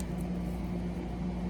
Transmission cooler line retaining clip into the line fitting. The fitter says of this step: and it snaps into place